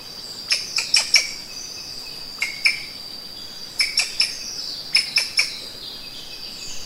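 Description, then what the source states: Thomas's rope squirrel calls: clusters of two to four sharp clicks, with a steady high insect whine behind them. Recorded in Sangha on 10 February 2021 at 6:51 AM, early morning.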